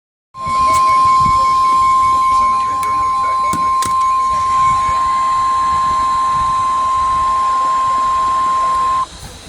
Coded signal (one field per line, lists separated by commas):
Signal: Emergency Alert System (SAME) tones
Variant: 1050 Hz attention tone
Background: speech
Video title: SVR (EAS#490)